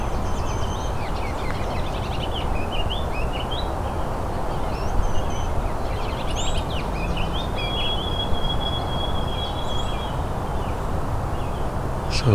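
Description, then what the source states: White-throated Sparrow song: a sustained clear whistle held at one pitch late, surrounded by busy chirping and twittering of other birds and steady low background noise. Melodic song, remembered as 'Oh Sweet Canada, Canada'.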